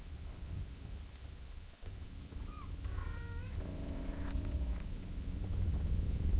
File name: Cat gently meowing and purring in long intervels